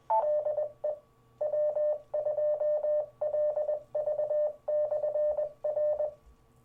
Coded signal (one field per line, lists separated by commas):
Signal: Morse code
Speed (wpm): 20 wpm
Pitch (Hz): 600 Hz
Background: radio noise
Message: DE W2LV/R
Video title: 2014-05-13 - Sussex County Amateur Radio Club Inc. - 2M Net (RECAP)